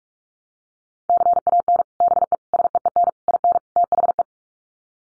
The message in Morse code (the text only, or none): CAN BE SEEN IN THE